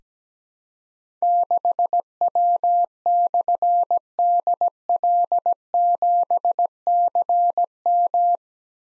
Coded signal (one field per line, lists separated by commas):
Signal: Morse code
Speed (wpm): 17 wpm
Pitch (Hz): 700 Hz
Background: none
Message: 6W/DL7CM